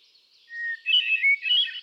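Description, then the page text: Hermit thrush song: a steady, pure whistled note followed by a fluty, echoing cascade of higher rippling notes. Male bird cycling through a repertoire of about ten different songs; recorded 13 June 2006 at Quabbin Park, Ware, Massachusetts. "Birdsong for the Curious Naturalist. Hermit thrush. A truly gifted and inspiring songster. Can you hear how he cycles through his repertoire of about ten different songs? June 13, 2006. Quabbin Park, Ware, Massachusetts"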